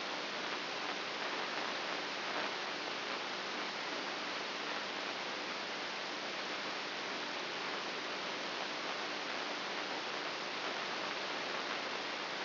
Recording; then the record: brain microelectrode recording played as sound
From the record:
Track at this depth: inside the subthalamic nucleus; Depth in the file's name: 5.24 mm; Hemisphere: right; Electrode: 2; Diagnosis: Parkinson's disease